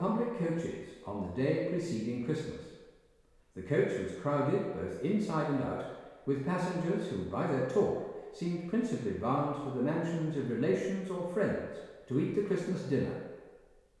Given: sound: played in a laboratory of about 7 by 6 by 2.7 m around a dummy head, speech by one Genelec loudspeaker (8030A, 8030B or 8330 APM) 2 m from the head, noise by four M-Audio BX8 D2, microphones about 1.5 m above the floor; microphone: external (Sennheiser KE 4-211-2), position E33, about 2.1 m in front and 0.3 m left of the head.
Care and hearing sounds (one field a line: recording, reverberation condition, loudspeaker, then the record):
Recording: male speech in English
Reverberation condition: high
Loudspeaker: 30 degrees to the left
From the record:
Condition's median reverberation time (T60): about 1300 ms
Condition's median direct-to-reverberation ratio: about -4.0 dB